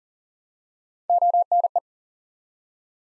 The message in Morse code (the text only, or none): ONE